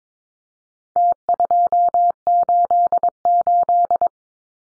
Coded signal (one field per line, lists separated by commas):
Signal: Morse code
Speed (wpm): 22 wpm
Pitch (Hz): 700 Hz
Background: none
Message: T288